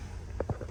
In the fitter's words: in tabs are in and locked in